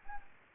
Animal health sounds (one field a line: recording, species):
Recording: mosquito wingbeat signal from an infrared sensor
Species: Anopheles gambiae